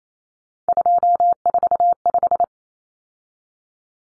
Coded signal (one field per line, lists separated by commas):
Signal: Morse code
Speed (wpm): 28 wpm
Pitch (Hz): 700 Hz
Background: none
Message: 245